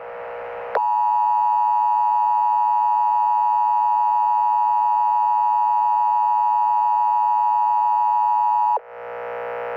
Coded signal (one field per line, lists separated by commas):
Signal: Emergency Alert System (SAME) tones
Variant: 853 and 960 Hz attention tone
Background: music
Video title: EAS Scenario #11 - The Soundwaves of Death